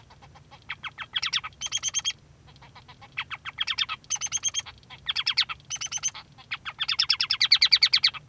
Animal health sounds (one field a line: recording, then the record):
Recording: song of a male Bengalese finch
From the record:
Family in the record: son of father 3